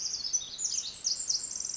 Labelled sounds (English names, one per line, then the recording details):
Pacific Wren
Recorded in Sonoma County, California